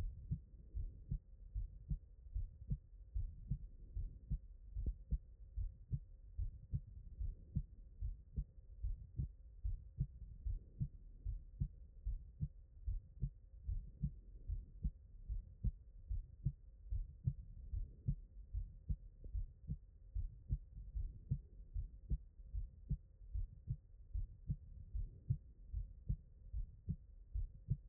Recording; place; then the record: heart sounds by stethoscope; pulmonary valve (PV)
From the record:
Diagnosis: non-HFrEF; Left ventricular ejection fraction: 59%